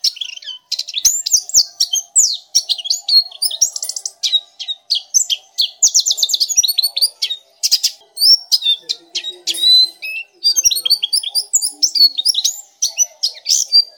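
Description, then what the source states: Nightingale song, a dense, varied run of sharp whistles, fast repeated notes and buzzy trills with brief pauses, over a faint low hum. Masteran (tutor) song for training cage birds to sing.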